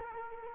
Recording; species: mosquito wingbeat signal from an infrared sensor; Culex quinquefasciatus